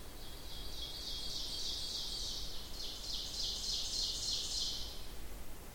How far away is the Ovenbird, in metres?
about 50 m